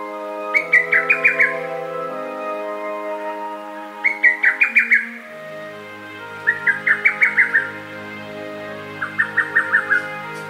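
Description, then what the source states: Lesser cuckoo singing four staccato phrases of five or six rapid notes, every few seconds, over a steady low humming drone. Recorded in Rikugien garden, Tokyo, Japan.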